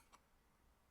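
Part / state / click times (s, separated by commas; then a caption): plastic cover onto card reader / not seated / none. A plastic cover (lid) is handled against a Bluetooth card reader, model KMR-K102, as it is being fitted on. A brief, bright tick near 0.1 s rises over faint background noise. Nothing has seated or clicked yet; the clip ends just before the lid goes home.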